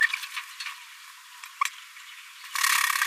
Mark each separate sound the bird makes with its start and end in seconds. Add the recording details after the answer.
0.01-0.07, 1.61-1.64. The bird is a male. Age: 26 days. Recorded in a nest box in Venezuela. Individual 17B42A3